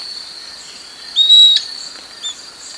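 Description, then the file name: Bird call: one clear, level whistled note lasting about a third of a second, a faint chirp after it, over a constant high-pitched hum. "SABIOD 50 bird 2015"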